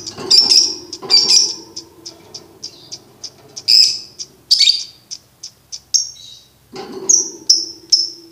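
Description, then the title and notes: Lovebird chirps: uneven bursts of high chirps and short twitters over a low background hum, ending in a few clear repeated chirps. For birds to learn the ngekek song style. "MASTERAN BURUNG. Belajar Ngekek. lofbet"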